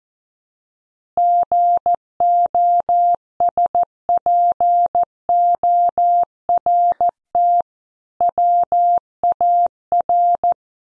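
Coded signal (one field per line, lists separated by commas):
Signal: Morse code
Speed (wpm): 14 wpm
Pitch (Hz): 700 Hz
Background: none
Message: GOSPORT WAR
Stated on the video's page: News headlines copy practice at 14 wpm.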